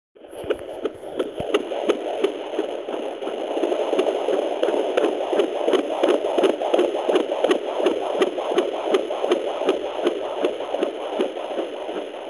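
Rapid, regular whooshing pulses at roughly 170 beats a minute over a steady hiss: a baby's heartbeat before birth, picked up by a doppler monitor. A fast rate like this is expected for a fetus.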